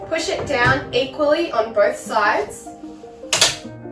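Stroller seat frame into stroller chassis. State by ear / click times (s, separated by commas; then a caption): seated / 3.3 s, 3.4 s. Someone talks while the seat backboard frame of a Bugaboo Fox stroller is lined up with the slots on the stroller frame and pushed down equally on both sides. Two sharp clicks sound at 3.3 s and 3.4 s as the seat frame seats into place on the stroller chassis.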